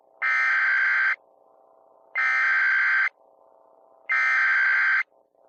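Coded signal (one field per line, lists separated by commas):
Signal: Emergency Alert System (SAME) tones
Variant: header bursts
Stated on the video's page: Fictional EAS scenario.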